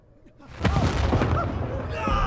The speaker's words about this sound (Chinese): 主官道上，四周巷道里的爆炸声和惨叫声不绝于耳。